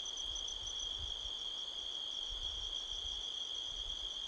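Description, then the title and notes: Crickets trilling in a steady, continuous high-pitched chorus with a pulsing upper layer, low wind rumble gusting underneath. Crickets heard all around at midnight in a canyon near Sedona, Arizona, USA, on 5 October 2023, with strong wind rustling trees. "Midnight Soundscape, Sedona, Arizona, USA on 5th October 2023 – by Joe Harvey-Whyte. The sound of crickets can be heard all around"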